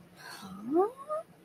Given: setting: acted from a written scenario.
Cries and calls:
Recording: vocal sound without words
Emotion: confusion

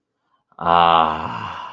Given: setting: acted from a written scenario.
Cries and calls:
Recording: vocal sound without words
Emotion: contentment

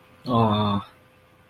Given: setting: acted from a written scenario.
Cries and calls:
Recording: vocal sound without words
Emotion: adoration

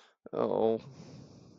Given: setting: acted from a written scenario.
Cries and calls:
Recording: vocal sound without words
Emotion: guilt

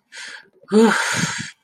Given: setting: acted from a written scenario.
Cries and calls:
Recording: vocal sound without words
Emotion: relief

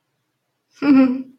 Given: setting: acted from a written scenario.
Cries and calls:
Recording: vocal sound without words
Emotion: amusement

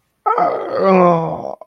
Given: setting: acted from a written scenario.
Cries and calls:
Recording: vocal sound without words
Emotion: sadness

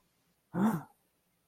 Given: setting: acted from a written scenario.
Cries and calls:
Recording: vocal sound without words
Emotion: fear

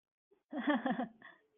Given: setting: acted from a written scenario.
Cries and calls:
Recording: vocal sound without words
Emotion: amusement

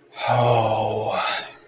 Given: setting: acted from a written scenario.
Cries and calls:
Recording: vocal sound without words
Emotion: ecstasy

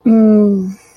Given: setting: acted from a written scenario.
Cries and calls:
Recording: vocal sound without words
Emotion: desire

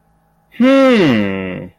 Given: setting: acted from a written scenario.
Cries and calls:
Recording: vocal sound without words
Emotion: confusion

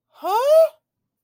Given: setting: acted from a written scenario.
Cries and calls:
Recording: vocal sound without words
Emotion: disappointment

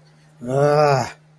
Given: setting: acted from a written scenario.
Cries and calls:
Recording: vocal sound without words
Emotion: anger

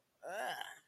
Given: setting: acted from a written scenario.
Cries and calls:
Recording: vocal sound without words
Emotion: disgust

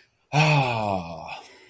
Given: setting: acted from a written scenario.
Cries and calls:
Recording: vocal sound without words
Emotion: ecstasy

